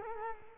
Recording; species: mosquito wingbeat signal from an infrared sensor; Culex quinquefasciatus